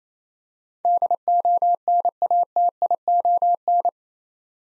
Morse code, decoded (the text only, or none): DONATION